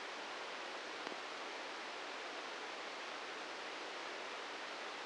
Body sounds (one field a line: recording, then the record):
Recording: brain microelectrode recording played as sound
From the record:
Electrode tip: inside the subthalamic nucleus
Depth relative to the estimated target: 0 mm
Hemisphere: right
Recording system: NeuroSet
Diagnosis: Parkinson's disease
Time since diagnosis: 13 years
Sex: male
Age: 63 years